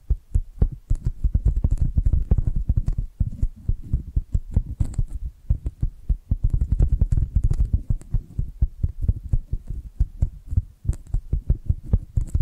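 Rapid, soft tapping continues throughout, a dense run of low, dull knocks with a thumping, heartbeat-like weight. The taps come in quick irregular bursts with brief pauses, a noticeable gap near eleven seconds, and faint brighter clicks riding on top.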